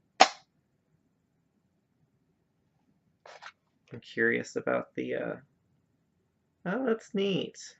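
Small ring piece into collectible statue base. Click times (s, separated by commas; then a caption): 0.2 s. A small ring piece is pushed back into its slot on a Sonic Mania Collector's Edition statue base and clicks into place with a single sharp snap at 0.2 s. After a few seconds of quiet, someone talks.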